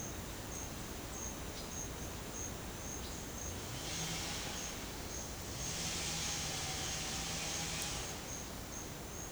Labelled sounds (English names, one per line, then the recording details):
none
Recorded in secondary vegetation near Puerto Asís, Putumayo, Colombia, on 18 December 2024 at 08:30
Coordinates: 0.489, -76.322
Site G059